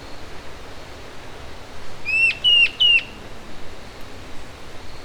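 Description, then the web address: Bird: three quick, clear, slightly falling notes from a bird, with the start of another call at the very end. "BIRD SABIOD bird"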